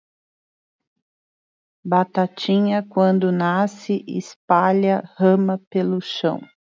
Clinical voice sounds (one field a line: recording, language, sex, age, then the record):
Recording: short text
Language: Brazilian Portuguese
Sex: female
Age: 50 to 59 years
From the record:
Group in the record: control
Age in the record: 53 years